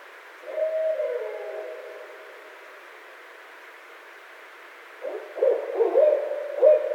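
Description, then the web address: Barred owl hooting, a low wavering hoot near one second that slides down and fades, then a rougher run of hoots after five seconds, over steady background hiss. Recorded 17 February 2012. "Barred Owl 2012 02 17"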